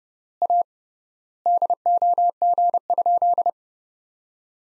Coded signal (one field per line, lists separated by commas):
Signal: Morse code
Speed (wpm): 30 wpm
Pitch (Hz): 700 Hz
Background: none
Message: A DOG?